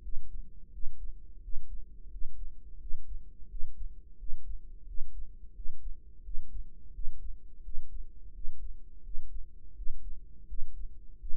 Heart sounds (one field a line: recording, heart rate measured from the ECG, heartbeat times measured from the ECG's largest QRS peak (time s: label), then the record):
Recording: heart sounds by microphone in the right ear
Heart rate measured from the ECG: 86 bpm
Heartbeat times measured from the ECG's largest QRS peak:
0.03 s: heartbeat
0.73 s: heartbeat
1.43 s: heartbeat
2.12 s: heartbeat
2.81 s: heartbeat
3.50 s: heartbeat
4.19 s: heartbeat
4.88 s: heartbeat
5.56 s: heartbeat
6.25 s: heartbeat
6.94 s: heartbeat
7.64 s: heartbeat
8.35 s: heartbeat
9.05 s: heartbeat
9.77 s: heartbeat
10.49 s: heartbeat
11.21 s: heartbeat
From the record:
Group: healthy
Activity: rest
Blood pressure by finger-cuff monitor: 134/85 mmHg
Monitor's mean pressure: 102 mmHg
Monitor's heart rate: 86 bpm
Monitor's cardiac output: 7.1 L/min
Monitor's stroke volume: 81 mL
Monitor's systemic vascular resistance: 1060 dyn s/cm5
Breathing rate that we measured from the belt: 18 breaths a minute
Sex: male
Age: 21 years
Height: 175 cm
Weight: 72.6 kg